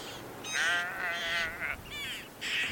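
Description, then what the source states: Red-billed Chough begging calls: several harsh, nasal, wavering squeals in quick succession. Young chough, female, demanding food from its parents and chasing after them, on Anglesey in mid-August.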